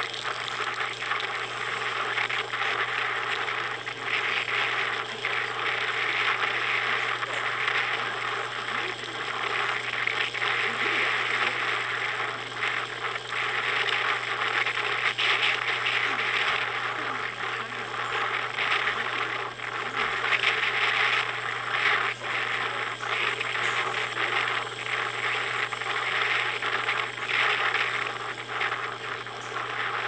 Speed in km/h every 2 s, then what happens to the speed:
35, 37, 38, 39, 41, 41, 41, 41, 39, 37, 37, 37, 39, 39, 37.
0-8 speeds up to 41. 8-30 steady at about 39.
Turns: none.